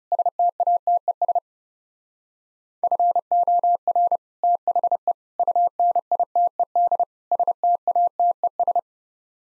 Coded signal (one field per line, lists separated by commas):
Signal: Morse code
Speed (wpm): 40 wpm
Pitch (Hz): 700 Hz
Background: none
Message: STATES FOR THE UNITED STATES